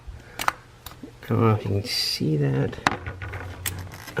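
While installing a catch can on a Hellcat, a hose quick-connect fitting is pushed onto the intake manifold port, but unlike the first fitting, which locks in place, this one does not latch and just pulls right off. Short, sharp plastic-like ticks and taps come at about 0.4–0.9 s and 3.2–3.9 s while someone talks. Nothing has seated or clicked yet.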